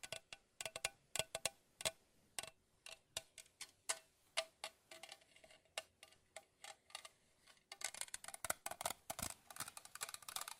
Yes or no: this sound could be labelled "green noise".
no